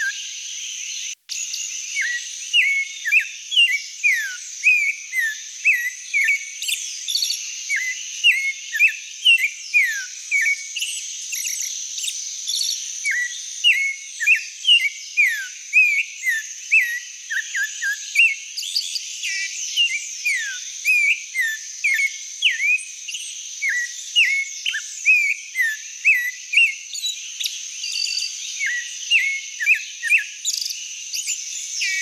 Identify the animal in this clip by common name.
Clay-colored Thrush